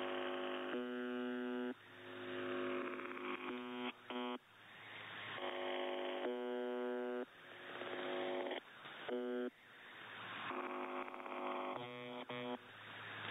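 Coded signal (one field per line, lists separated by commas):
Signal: channel marker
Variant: UVB-76 (The Buzzer)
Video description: no clue what is happening to the Buzzer this year.. it got some parasite on the carrier wave and now its even stopping transmitting the buzzer but the parasitic audio on it remains hearable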